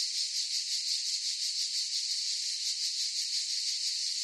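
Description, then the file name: Cicada chorus as an unbroken shrill buzz, gently throbbing in rhythm across the whole stretch. Forest chorus of cicadas. "gain walkers CICADAS Forest Chorus"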